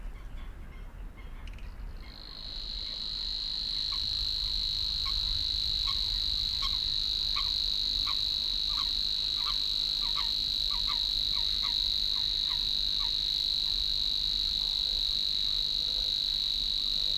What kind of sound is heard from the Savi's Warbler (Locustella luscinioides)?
song